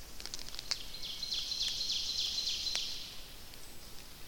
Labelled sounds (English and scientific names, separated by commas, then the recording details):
Ovenbird (Seiurus aurocapilla) song
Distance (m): 80 m
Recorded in boreal forest in Alberta, Canada, on 29 May 2016 at 06:11
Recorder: SongMeter 3, array SBT-3-49
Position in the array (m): 71 m, 261 m
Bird 14